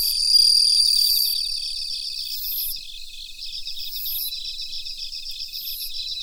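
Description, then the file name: Bell cricket song: high ringing notes rising in pitch, repeated roughly every one and a half seconds, over a steady pulsed insect chirping. "Suzumushi Mitsukado"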